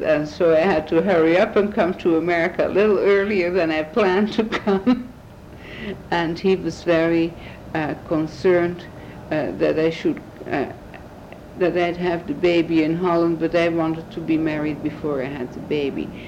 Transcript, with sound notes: And so I had to hurry up and come to America a little earlier than I planned to come. (Chuckle) And he was very concerned that I should have the baby in Holland, but I wanted to be married before I had the baby.